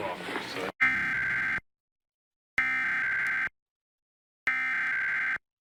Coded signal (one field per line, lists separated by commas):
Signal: Emergency Alert System (SAME) tones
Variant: header bursts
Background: speech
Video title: EAS Tests from Pennsylvania and New Jersey [EAS #101-114]